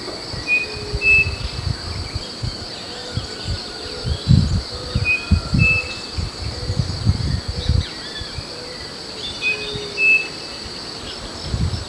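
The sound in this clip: Bird calls: short, high, clear whistles given in pairs, repeated roughly every four to five seconds, over low rumbling noise and a steady high insect-like hum.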